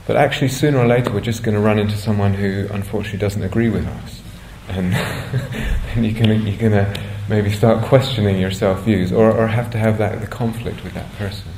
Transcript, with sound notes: But actually sooner or later we're just going to run into someone who unfortunately doesn't agree with us. [laughs] And you can then maybe start questioning your self-views, or have to have that conflict with that person.